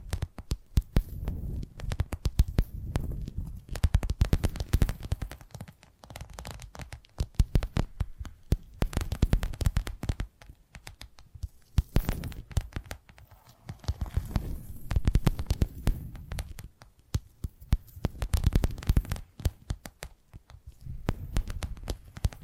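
Tapping triggers in dense, quick bursts of sharp clicks over a low, thudding rumble, with brief quieter pauses around 6, 11 and 16 seconds.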